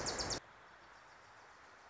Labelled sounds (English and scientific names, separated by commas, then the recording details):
Wilson's Warbler (Cardellina pusilla)
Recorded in Sonoma County, California